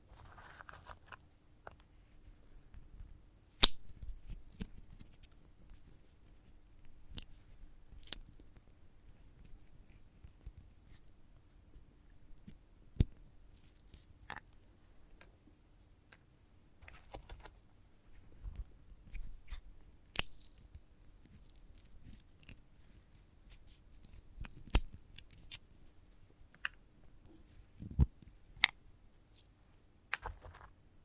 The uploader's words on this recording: ASMR of a Sunflower Head (No Talking).